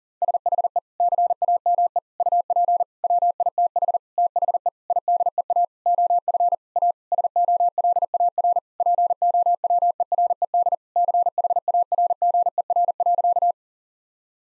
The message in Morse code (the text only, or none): SHE CAME UP WITH THE IDEA OF A SOLAR POWERED CHARGER.